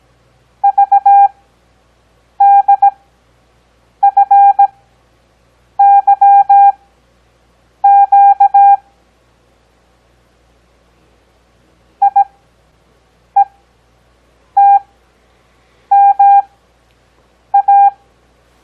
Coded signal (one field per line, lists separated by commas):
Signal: Morse code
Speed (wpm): 17 wpm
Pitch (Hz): 800 Hz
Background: none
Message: VDFYQ IETMA